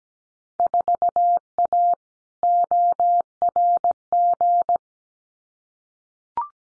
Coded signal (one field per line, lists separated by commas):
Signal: Morse code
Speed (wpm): 17 wpm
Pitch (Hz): 700 Hz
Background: none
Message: 4A ORG